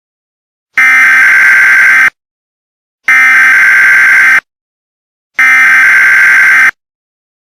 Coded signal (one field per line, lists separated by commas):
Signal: Emergency Alert System (SAME) tones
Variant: header bursts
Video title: EAS Tornado and Thunderstorm PRANK [LOUD NOISE]